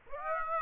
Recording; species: mosquito wingbeat signal from an infrared sensor; Aedes aegypti